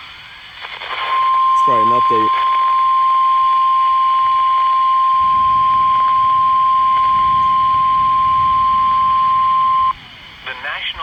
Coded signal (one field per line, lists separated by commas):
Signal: Emergency Alert System (SAME) tones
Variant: 1050 Hz attention tone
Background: speech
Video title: A compilation of alerts from 8/28/20 (EAS#27-33)